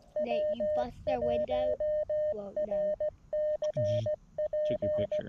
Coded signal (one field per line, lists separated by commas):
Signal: Morse code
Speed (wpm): 16 wpm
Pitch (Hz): 610 Hz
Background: speech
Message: W1RCP